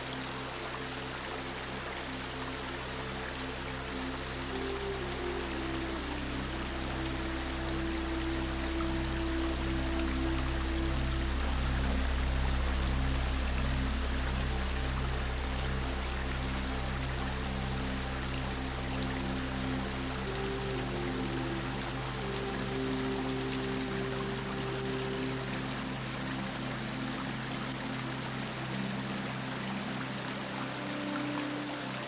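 A river's current rushes steadily and densely throughout, an even hiss of flowing water. Underneath, soft music holds long, low sustained notes, with a few gentle higher tones. The chords shift around twenty seconds and again near twenty-eight seconds.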